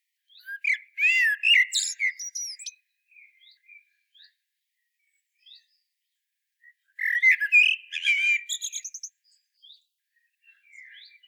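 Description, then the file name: Common blackbird song: two mellow, fluting warbled phrases, each ending in a squeaky high twitter, separated by a few seconds of soft, scattered notes. "Turdus merula"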